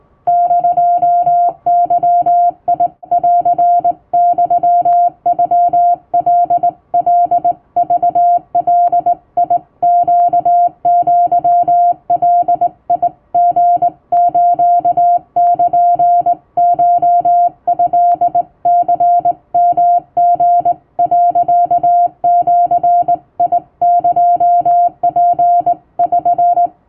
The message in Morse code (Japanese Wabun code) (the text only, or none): <DO>ゲンユノカカクガネアガリスルコトニヨリ、ジエツ<SN>